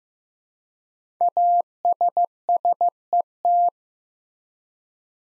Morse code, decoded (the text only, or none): ASSET